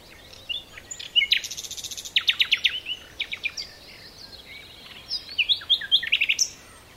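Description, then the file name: Common nightingale song: quick phrases of loud, rapidly repeated sharp notes, several rattling bursts separated by short varied chirps. "Luscinia megarhynchos"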